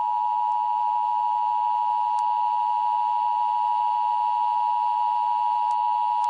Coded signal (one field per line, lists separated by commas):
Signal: Emergency Alert System (SAME) tones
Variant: 853 and 960 Hz attention tone